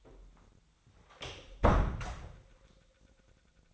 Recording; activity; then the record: daily activity, microphone in the room; close door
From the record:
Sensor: 3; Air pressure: 1009.1 hPa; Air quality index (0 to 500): 191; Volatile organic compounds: 4 ppm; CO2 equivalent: 1540 ppm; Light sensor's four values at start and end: 49/129/56/56 and 49/128/55/56